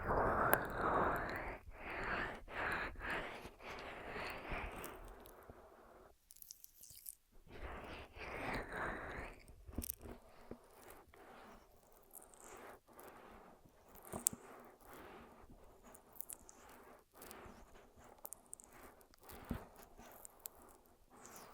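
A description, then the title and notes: Crackly rubbing of an ear massage, loud and dense in bursts over the first five seconds, then a brief near-silence. Another rubbing burst follows around eight seconds, after which the sound thins to softer, scattered crinkles, taps and small clicks. ASMR 10 Ear Massages for Sleep (No Talking).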